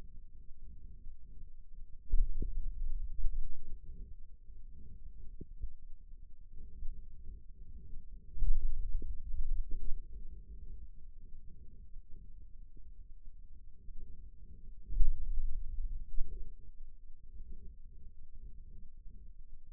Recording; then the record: forearm muscle sounds (acoustic myography)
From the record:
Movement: pen grasping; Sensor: system 2, bracelet of six BSWA MPA416 microphones around the upper forearm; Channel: 1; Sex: male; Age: 22 years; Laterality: right